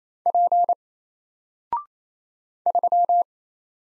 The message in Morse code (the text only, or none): P 3